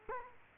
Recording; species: mosquito wingbeat signal from an infrared sensor; Culex quinquefasciatus